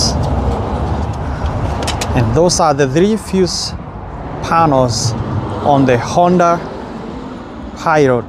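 A plastic fuse box cover is put back onto the fuse box in a 2009–2015 Honda Pilot, all-wheel drive model. The tabs are lined up and the cover is pressed down, giving a sharp click at 2.0 s as it seats in place. Someone talks before and after, over a steady low background noise.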